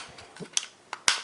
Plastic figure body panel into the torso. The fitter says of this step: ça se clipse non ça veut bien